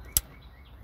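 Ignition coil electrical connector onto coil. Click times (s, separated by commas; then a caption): 0.2 s. An electrical connector is pushed back onto a Hemi ignition coil until it clicks, with one sharp, bright click at 0.2 s over a quiet, low background hum. The connector is seated on the coil.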